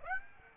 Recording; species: mosquito wingbeat signal from an infrared sensor; Aedes aegypti